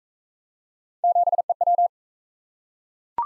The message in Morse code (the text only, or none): 7EW